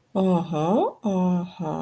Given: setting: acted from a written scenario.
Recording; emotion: vocal sound without words; interest